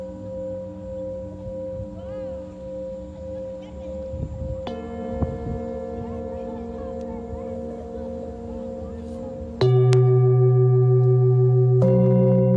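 Singing bowls ring with long, steady sustained tones, a low hum underneath and a wavering pitch early on. New strikes land near 4.5 and 9.5 seconds, then again near 12. After the strike at 9.5 the sound grows much louder, with a strong low drone.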